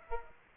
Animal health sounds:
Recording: mosquito wingbeat signal from an infrared sensor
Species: Aedes aegypti

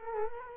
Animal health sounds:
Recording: mosquito wingbeat signal from an infrared sensor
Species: Culex quinquefasciatus

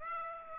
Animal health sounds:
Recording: mosquito wingbeat signal from an infrared sensor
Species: Aedes aegypti

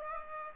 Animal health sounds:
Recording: mosquito wingbeat signal from an infrared sensor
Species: Aedes aegypti

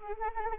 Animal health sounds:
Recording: mosquito wingbeat signal from an infrared sensor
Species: Anopheles arabiensis

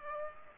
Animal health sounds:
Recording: mosquito wingbeat signal from an infrared sensor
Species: Aedes aegypti

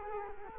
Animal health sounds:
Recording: mosquito wingbeat signal from an infrared sensor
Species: Culex quinquefasciatus

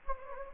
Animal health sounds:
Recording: mosquito wingbeat signal from an infrared sensor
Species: Anopheles gambiae

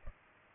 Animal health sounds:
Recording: mosquito wingbeat signal from an infrared sensor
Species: Culex pipiens

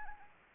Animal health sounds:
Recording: mosquito wingbeat signal from an infrared sensor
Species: Anopheles arabiensis

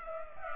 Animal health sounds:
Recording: mosquito wingbeat signal from an infrared sensor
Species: Culex pipiens

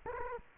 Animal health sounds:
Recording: mosquito wingbeat signal from an infrared sensor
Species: Culex quinquefasciatus

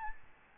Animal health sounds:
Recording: mosquito wingbeat signal from an infrared sensor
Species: Aedes albopictus

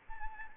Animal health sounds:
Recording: mosquito wingbeat signal from an infrared sensor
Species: Anopheles gambiae

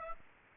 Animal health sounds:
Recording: mosquito wingbeat signal from an infrared sensor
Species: Aedes aegypti

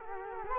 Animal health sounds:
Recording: mosquito wingbeat signal from an infrared sensor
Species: Culex quinquefasciatus

